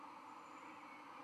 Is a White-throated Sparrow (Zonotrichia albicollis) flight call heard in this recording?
no